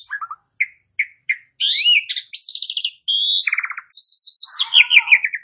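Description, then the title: Asian pied starling song: a few soft chips, then buzzy trills, rattling bursts and a descending series of sharp whistled notes. "Bunyi Jalak Suren"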